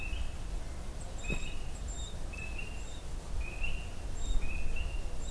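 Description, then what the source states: Spring peeper calls, short rising high peeps repeated irregularly over a steady low rumble. In a swamp, early April 2021, just after dawn.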